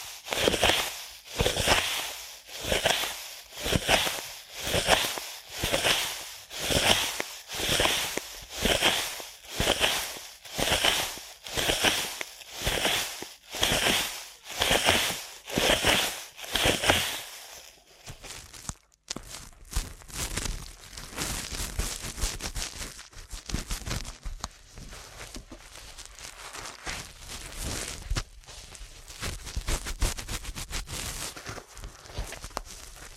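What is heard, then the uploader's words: Rapid ear cleaning scratches in a fast, regular rhythm about twice a second, then turning denser, rougher and more irregular after eighteen seconds. ASMR Ear Cleaning at Helicopter Speed.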